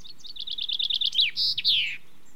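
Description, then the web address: Common chaffinch song: a quick run of bright, repeated notes, then a buzzy flourish and a falling slur, over faint low background hiss. Listed among British birds. "The BBC Sound Effects Library. Chaffinch"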